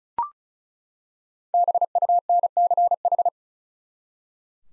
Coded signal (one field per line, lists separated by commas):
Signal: Morse code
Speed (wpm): 34 wpm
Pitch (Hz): 700 Hz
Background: none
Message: BUNCH